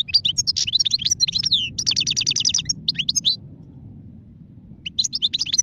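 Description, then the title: European goldfinch singing rapid, jingling twitters and a quick trill, a short pause, then a final burst of high chirps. Wild goldfinch; singing, described as the most beautiful song. "اجمل غناءالحسون الخلويchant chardonneret sauvage"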